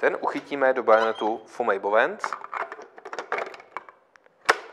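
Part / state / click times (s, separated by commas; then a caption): reflector into studio flash bayonet mount / seated / 4.5 s. A 16.5 cm metal reflector is put into the Fomei Bowens bayonet mount of a studio flash head and turned slightly while someone talks, with soft handling taps. A sharp click at 4.5 s shows the reflector has locked into the bayonet, so the accessory is secured and will not fall out.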